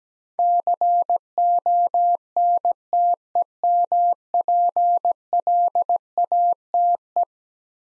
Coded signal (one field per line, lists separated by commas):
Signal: Morse code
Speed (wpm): 17 wpm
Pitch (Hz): 700 Hz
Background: none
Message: CONTEMPLATE